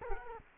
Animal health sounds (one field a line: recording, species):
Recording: mosquito wingbeat signal from an infrared sensor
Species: Culex quinquefasciatus